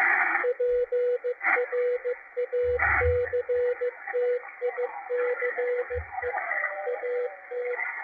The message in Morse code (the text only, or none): PRACTICE AT